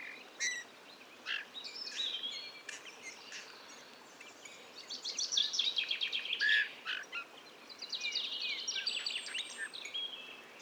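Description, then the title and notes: Eurasian bullfinch song: gentle twittering phrases and rapid trilled runs, with a brief clear whistle midway, all over soft outdoor hiss. Male in breeding plumage perched on a budding blackthorn, La Sarcena, Drôme, France, 15 March 2020; a few calls, then a soft babbling song barely audible; recorded with parabolic reflector, Nagra Seven, Telinga Pro7. "LE CHANT DE LA DISCRETION. 15 mars 2020-La Sarcena - Drôme. Bouvreuil pivoine (Pyrrhula pyrrhula) mâle"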